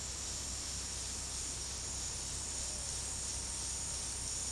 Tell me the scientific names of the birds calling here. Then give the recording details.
none. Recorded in secondary vegetation near Puerto Asís, Putumayo, Colombia, on 20 February 2024 at 15:30. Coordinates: 0.489, -76.322. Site G6419